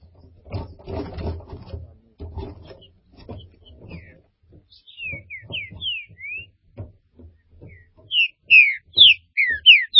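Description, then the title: Green-winged saltator song: after a few seconds of low knocking and rustling, short bursts of clear, steeply slurred whistled notes, growing louder toward the end. "Trinca Ferro"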